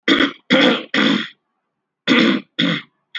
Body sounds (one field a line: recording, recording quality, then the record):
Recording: shallow voluntary cough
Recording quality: moderate, slight background noise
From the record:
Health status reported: healthy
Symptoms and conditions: none ticked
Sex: male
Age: 35 years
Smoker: not ticked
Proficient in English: yes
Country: India